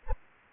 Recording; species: mosquito wingbeat signal from an infrared sensor; Anopheles gambiae